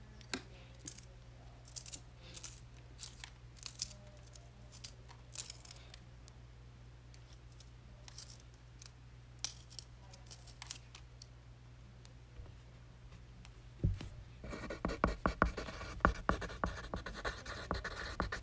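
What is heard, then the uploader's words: Pencil sounds: short, crisp ticks and scratches scattered irregularly over a steady low hum. Around fourteen seconds the hum drops away and the scratching turns louder and denser, a continuous rough scraping to the end. ASMR Pencil. No talking.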